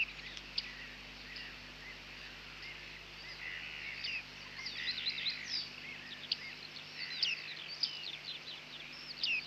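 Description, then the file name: Bearded reedling calls, faint high chirps and short twittering notes scattered throughout, busier in the second half, over a steady low hum. "Bearded Tit (Panurus biarmicus)"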